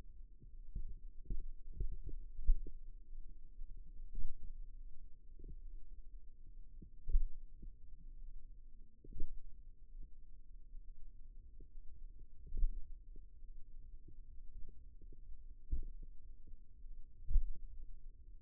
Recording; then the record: forearm muscle sounds (acoustic myography)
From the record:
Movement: finger pinch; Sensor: system 2, bracelet of six BSWA MPA416 microphones around the upper forearm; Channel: 2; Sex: male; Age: 22 years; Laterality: right